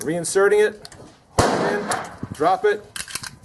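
Someone talks while handling the magazine of a Remington R51 semi-auto pistol, dropping it and working it back toward the pistol grip to check a magazine that will not stay in. A loud burst of handling noise comes around 1.4 seconds, followed by short, sharp ticks near the end. The magazine has not yet seated or clicked home when the clip ends.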